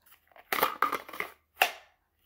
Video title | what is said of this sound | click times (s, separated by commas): We the People Holster for XDM 3.8 Elite 10mm | it absolutely clicks into place and holds okay | 0.8 s